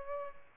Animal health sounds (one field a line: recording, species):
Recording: mosquito wingbeat signal from an infrared sensor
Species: Aedes albopictus